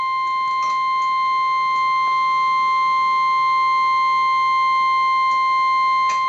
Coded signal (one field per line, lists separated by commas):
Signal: Emergency Alert System (SAME) tones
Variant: 1050 Hz attention tone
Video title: Real NOAA Weather Radio EAS Alert #244